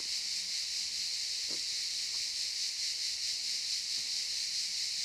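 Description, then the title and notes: Cicadas singing in a dense, continuous buzzing chorus with a fast pulsing rhythm; a few faint low sounds in the background. Cicadas in the pine forest of a campsite at Albinia, Grosseto, Tuscany, Italy. "Camping Africa, Via Aurelia, Albinia, Grosseto, Toscana, 58015, Italia - Cicale nel campeggio. Cicale nella pineta del campeggio. Cicadas in the pine forest of the campsite"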